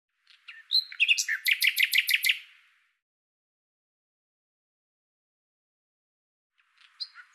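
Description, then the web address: Common nightingale delivering a brief phrase of loud repeated pulsed notes lasting about two seconds, then silence and a few faint notes at the end. "Deverinetal 2025"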